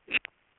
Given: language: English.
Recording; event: throat vibration sensor signal played as sound; swallow